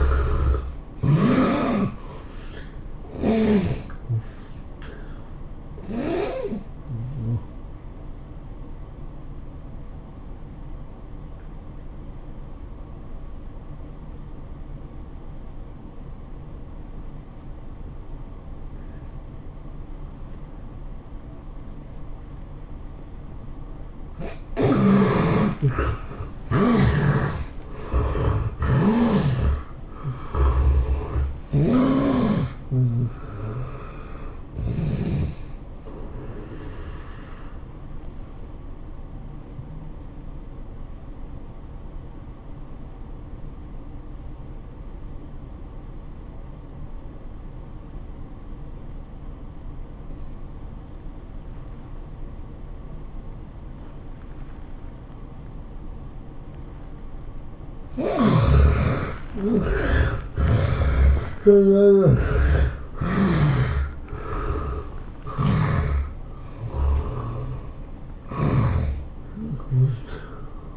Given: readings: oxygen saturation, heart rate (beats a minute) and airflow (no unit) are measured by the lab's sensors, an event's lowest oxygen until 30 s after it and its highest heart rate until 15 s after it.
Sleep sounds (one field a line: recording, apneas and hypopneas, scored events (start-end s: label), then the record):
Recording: breathing in sleep by a smartphone at the bedside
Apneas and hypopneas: 2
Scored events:
4.00-25.60 s: hypopnea (N1, oxygen 87% highest, then 76% lowest, heart rate 111 at the start, 111 highest)
39.00-58.00 s: obstructive apnea (N1, oxygen 97% highest, then 74% lowest, heart rate 103 at the start, 109 highest)
From the record:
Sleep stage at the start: N1 (lightest sleep)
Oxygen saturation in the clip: 69 to 97%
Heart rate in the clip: 85 to 111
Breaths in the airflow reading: 13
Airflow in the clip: -14.8 to 12.8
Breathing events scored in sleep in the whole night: 403 in 5.5 hours asleep